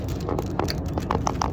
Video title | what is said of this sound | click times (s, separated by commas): Auxito fog light install and housing removal/ installation 2014 Yukon XL (easy way). | Click. I heard a click. | 1.4 s